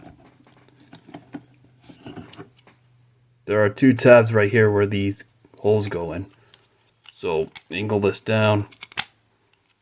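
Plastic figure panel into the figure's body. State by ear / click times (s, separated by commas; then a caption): not seated / none. A plastic panel of a custom Transformers Siege Voyager Class Thundercracker figure is handled and angled down toward two tabs and holes in the figure's body, with light plastic taps and ticks of handling. Someone talks over the handling. The clip ends before the panel is clipped in; nothing has seated or clicked yet.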